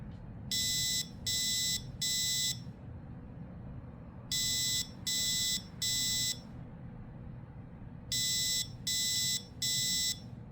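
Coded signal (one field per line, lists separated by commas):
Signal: alarm pattern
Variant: piezo buzzer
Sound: harsh buzzer beeps in threes, half-second each, repeated three times with pauses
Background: low room hum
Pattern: temporal three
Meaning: Temporal-three fire alarm signal to evacuate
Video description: Code 3 tone fire alarm buzzer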